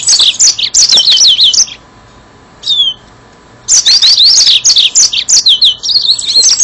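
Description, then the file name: Yellow-fronted canary singing bright, high twittering phrases with sweeping whistles and trills, two bursts split by a short pause and a single clear note. "mozambik"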